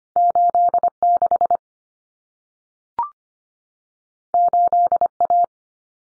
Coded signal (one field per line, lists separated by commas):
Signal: Morse code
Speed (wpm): 25 wpm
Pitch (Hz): 700 Hz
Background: none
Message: 86 8A